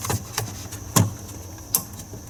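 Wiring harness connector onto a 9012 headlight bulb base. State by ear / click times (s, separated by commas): seated / 1.7 s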